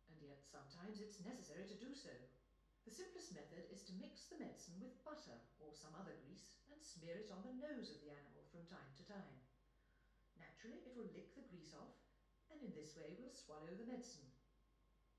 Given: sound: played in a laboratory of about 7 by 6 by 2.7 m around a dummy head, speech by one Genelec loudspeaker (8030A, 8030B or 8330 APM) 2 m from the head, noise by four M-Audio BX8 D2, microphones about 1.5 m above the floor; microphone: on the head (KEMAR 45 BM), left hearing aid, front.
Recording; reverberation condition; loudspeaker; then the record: female speech in English; medium; 90 degrees to the right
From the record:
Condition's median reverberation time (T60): about 510 ms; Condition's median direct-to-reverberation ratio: about -0.5 dB